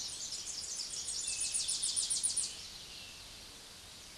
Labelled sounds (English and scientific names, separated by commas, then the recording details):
Tennessee Warbler (Leiothlypis peregrina) song
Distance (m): 25 m
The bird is about 20 m above the microphone
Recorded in a Pennsylvania forest on 16 May 2024 at 06:16
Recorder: AudioMoth, point MSD-2306
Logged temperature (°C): 15.6 °C
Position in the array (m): 33 m, 57 m